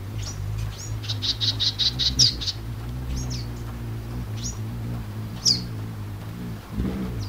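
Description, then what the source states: Costa's hummingbird: a quick series of high thin chips early, then scattered sharp high notes, over a steady background of rain. Hovers at a cactus blossom, beating the air with thrumming wings, during a light April rain in the Anza-Borrego Desert, southeast California.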